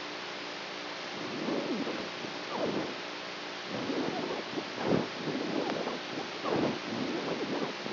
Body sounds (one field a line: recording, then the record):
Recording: brain microelectrode recording played as sound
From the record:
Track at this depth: outside the subthalamic nucleus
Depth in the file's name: 1.006 mm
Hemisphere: right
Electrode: 3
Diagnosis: Parkinson's disease